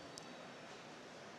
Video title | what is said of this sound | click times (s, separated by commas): Makers Central 2024 Riveting Leather Saturday Talk | there was a bit of some people near the front managed to hear that. Perfect. | 0.2 s